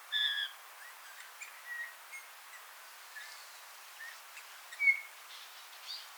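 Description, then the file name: Eurasian bullfinch calls: soft short piping whistles scattered irregularly, with louder notes at the start and near the end. "Pyrrhula pyrrhula"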